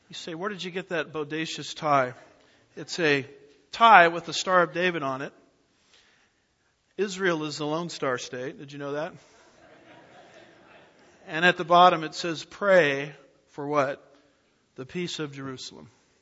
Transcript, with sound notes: You say where did you get that bodacious tie with the star of David on it? Israel is the Lone Star State; did you know that? [Laughter] And at the bottom it says “Pray for” what? “the peace of Jerusalem.”